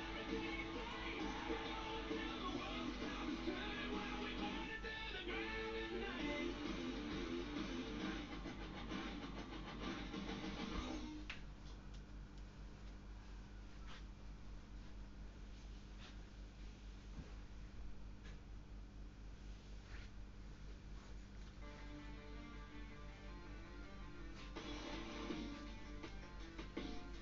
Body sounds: background sound without coughing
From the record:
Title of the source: BackgroundMusic

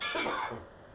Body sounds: coughing mixed with background sound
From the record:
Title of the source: Spring Cold Coughing 2

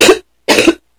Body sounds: coughing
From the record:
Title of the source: 61 morning phlegmy cough...again

